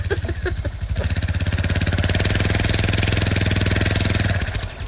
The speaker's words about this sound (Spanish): ¿Qué carajo es ese bullicio? Es una moto como el tiempo de Cristóbal Colón.